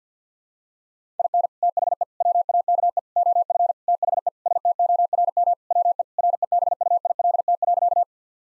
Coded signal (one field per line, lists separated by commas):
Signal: Morse code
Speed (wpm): 50 wpm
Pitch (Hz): 700 Hz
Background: none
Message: IN THE WAKE OF THE STORM WE REBUILT.